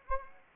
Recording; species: mosquito wingbeat signal from an infrared sensor; Anopheles arabiensis